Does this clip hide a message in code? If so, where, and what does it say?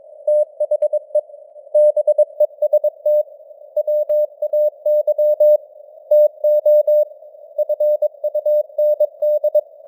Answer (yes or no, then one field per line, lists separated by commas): yes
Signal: Morse code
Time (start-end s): 0.3-9.6 s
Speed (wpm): 22 wpm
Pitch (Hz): 600 Hz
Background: none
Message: THE BEST WAY TO FUND